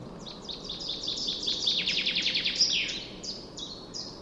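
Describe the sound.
Common chaffinch song: a rapid run of bright notes that falls in pitch and ends in a quick flourish, with more high chips after it.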